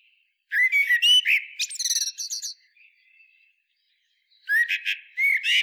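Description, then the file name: Eurasian blackbird song, a rich fluty warble sliding into a rapid chattering twitter, then a short pause with a faint thin note before another warbling phrase begins. "Turdus merula"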